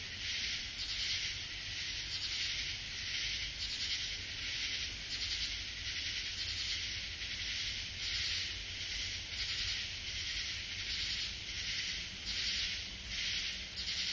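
Katydid calling: a dry, high, scratchy rasp in repeated bursts, sustained throughout.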